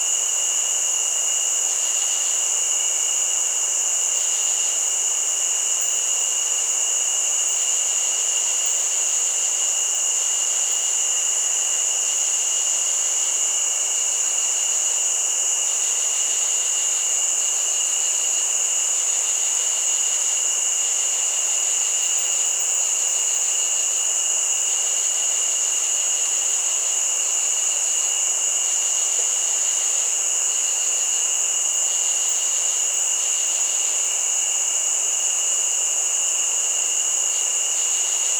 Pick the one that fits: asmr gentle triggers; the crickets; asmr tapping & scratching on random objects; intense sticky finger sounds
the crickets